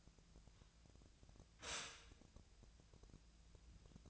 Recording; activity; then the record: daily activity, microphone in the room; stop toaster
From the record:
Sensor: 2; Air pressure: 1000.0 hPa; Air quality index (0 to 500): 150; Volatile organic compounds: 2 ppm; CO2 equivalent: 1271 ppm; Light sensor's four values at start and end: 26/64/27/29 and 26/64/27/29